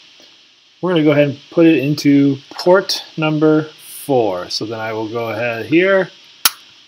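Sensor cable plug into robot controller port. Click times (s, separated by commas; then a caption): 6.5 s. Someone talks while a sensor cable plug for a LEGO EV3 Mindstorms robot's ultrasonic sensor attachment is pushed into port number four on the robot brick. A single sharp click is heard at 6.5 s as the plug seats in the port.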